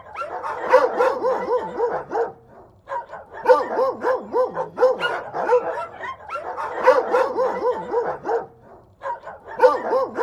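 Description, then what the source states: Dogs barking together, a busy chorus of overlapping barks, yips and yelping howls in bursts of about three seconds with short pauses between. Several dogs barking.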